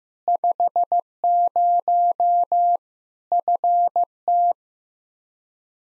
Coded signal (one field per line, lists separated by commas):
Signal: Morse code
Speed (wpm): 15 wpm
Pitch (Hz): 700 Hz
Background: none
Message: 50 FT